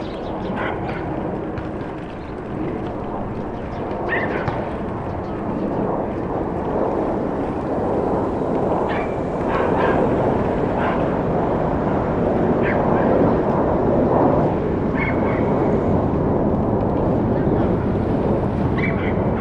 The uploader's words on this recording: 179 Starr Street Rooftop (Starr Street & Irving Ave, Brooklyn) Facing Maria Hernandez Park. Wind: 7mph North East. Rooftop recording facing Maria Hernandez park at sunset.